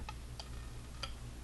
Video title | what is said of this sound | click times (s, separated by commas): How to fletch an arrow | all I do is simply turn this until it clicks into next position right | 1.0 s